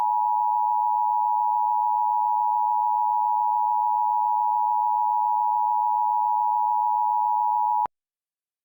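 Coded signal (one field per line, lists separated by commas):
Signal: Emergency Alert System (SAME) tones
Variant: 853 and 960 Hz attention tone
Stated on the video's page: Reenactment of a flood scenario with valid tones, made with EAS simulator software and text-to-speech.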